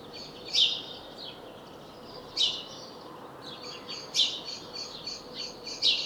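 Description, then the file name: House sparrow chirps repeated every couple of seconds, with faint twittering of other birds between them and a soft background hiss. "Passer domesticus"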